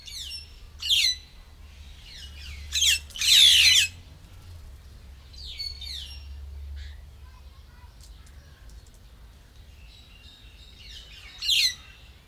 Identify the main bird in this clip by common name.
White-headed Buffalo-Weaver